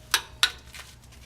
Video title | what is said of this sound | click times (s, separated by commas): Oil change how to | until you hear a click as you should have heard right there we'd do it one more time | 0.4 s